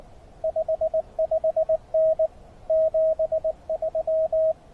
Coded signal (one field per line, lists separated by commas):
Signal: Morse code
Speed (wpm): 23 wpm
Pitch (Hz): 590 Hz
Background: radio noise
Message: 55N 73